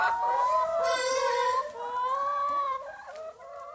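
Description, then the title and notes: Chicken: hens giving drawn-out, slightly rising nasal calls that overlap, fading toward the end. Hens in their usual enclosure. "Galiñas Coens. Nesta paisaxe sonora, escoitase o gran son das galiñas no seu recinto habitual"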